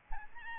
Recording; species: mosquito wingbeat signal from an infrared sensor; Aedes albopictus